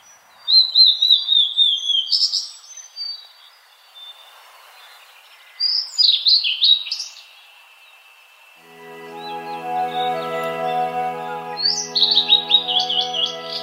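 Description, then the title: Blue-and-white flycatcher song: three bursts of high, slurred whistled notes, with quieter notes between and a steady low hum joining midway. Recorded at Kirifuri Highlands, Tochigi Prefecture, Japan. "朝の小鳥. 霧降高原（栃木県）のオオルリ"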